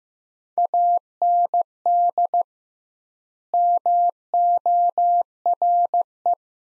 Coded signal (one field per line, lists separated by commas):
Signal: Morse code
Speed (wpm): 15 wpm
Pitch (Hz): 700 Hz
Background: none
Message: AND MORE